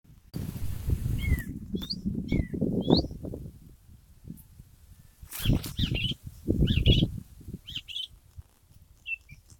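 Bird chirps, short high notes dropping in pitch, in scattered bursts over loud low rumbling.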